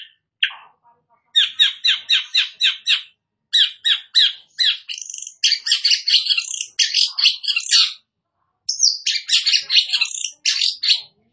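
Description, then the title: Long-tailed shrike song: rapid runs of scratchy notes alternating with dense, varied chattering phrases, continuing with short pauses. Described as gacor, singing actively. "Cendet Gacor"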